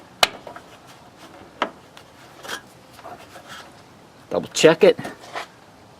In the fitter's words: it in there hear it click double